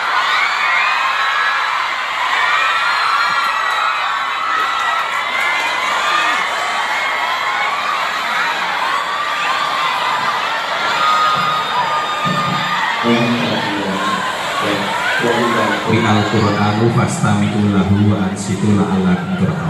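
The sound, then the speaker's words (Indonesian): A crowd shouts and cheers loudly and continuously, many overlapping voices whooping and yelling, with the din growing denser and fuller in the final seconds. “Oke, teriakannya cukup dari awal saja.”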